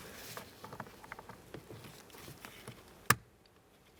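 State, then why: Seated. A green electrical connector is lined up and pressed into the right main temperature HVAC blend door actuator of a 2007-2013 Acura MDX, with faint ticks and rustling of handling before a sharp, bright click at 3.1 s. It then goes quiet, and the connector is seated and confirmed secure with a light tug.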